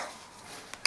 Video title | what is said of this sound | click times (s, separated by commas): SCHRADE SCHF16 {TOUGH GUYS NECK KNIFE} LOVE IT!!! | Clicks in there bam you can hear it I love that | 0.9 s